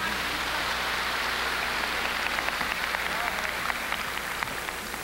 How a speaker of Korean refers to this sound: 한 분 한 분 이 자리에 계신 여러분들은 따뜻한 박수로 맞으셨으면 감사하겠습니다. 심사원 먼저 MBC 선정 우수 여자 연기상 수상자인 김윤경 씨 박수로 맞이하십시오.